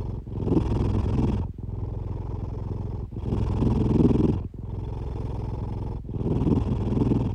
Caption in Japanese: ねこの日常 お兄ちゃん(ネコ)のイビキ。 キジトラ猫。